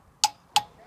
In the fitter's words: hear that click you know what's out a hundred foot-pounds